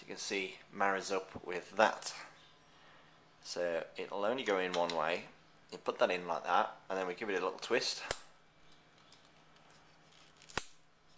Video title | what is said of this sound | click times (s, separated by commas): HTC Wildfire Unboxing and first use.flv | we go clicks into place without the USB output there and | 10.6 s